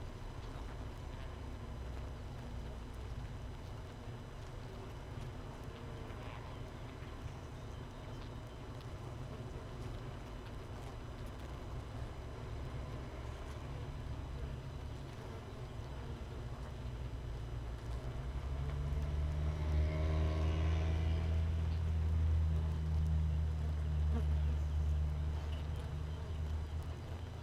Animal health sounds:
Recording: honeybee colony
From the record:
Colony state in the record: missing queen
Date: 31 May 2018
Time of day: 6:05

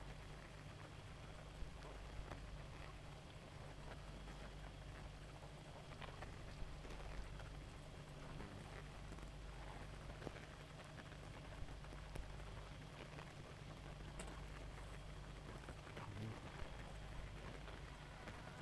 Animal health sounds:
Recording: honeybee colony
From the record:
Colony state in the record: active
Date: 28 July 2017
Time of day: 0:25

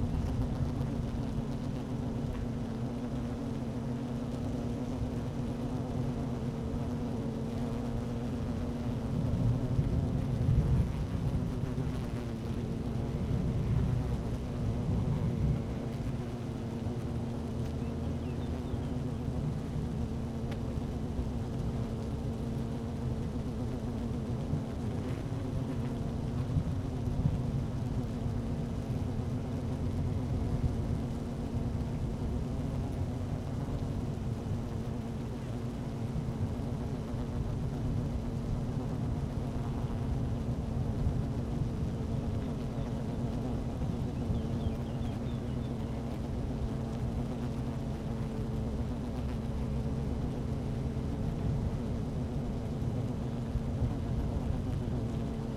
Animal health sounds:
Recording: honeybee colony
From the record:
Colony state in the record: active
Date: 12 June 2018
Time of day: 12:15

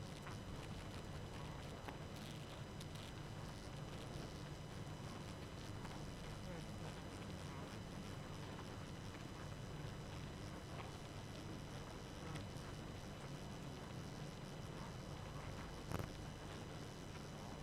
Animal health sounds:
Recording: honeybee colony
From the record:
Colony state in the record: active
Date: 12 June 2018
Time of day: 23:18

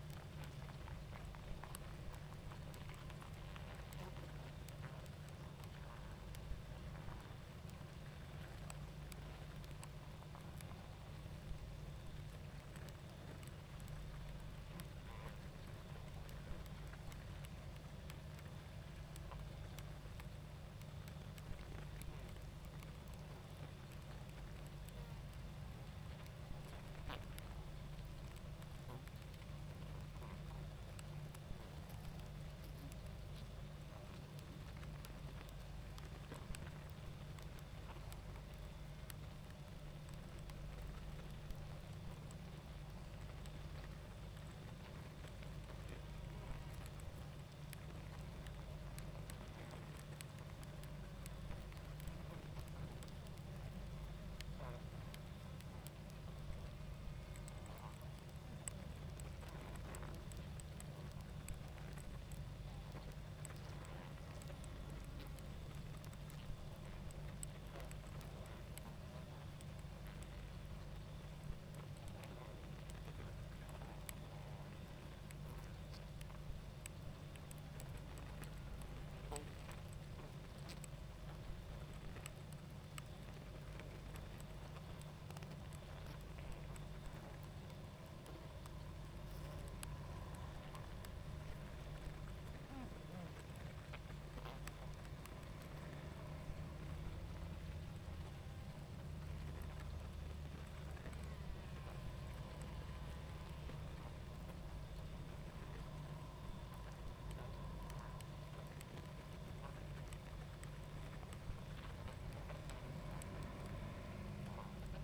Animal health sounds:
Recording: honeybee colony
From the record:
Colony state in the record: active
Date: 28 July 2017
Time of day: 21:03

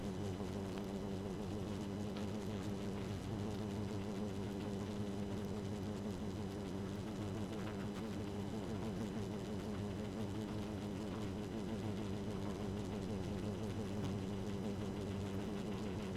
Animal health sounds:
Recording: honeybee colony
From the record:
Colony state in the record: active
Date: 12 June 2018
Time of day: 1:40

